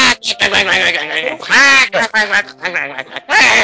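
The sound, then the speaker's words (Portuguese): A person imitates a duck, letting out a rapid string of loud, nasal, raspy quacks in uneven bursts, with a couple of longer, drawn-out squawks mixed in. “Que as pessoas cantavam, e só que faltava uma letra A na letra da música, ele errava, escrotizava a pessoa, entrava um pato na televisão, fazendo...”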